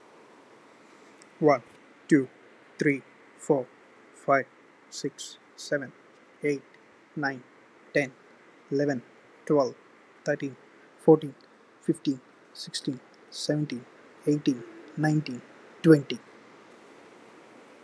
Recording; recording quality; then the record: counting at a normal pace; excellent, no background noise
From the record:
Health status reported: healthy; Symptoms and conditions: diabetes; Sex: male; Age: 32 years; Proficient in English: yes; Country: India